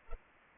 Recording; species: mosquito wingbeat signal from an infrared sensor; Culex pipiens